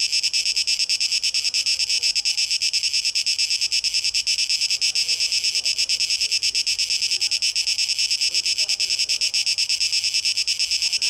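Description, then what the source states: Steady cicada chorus, a shrill buzz of quick pulses, with soft warbling sounds faintly beneath. Cicadas, 12 August 2023, tape echo mix.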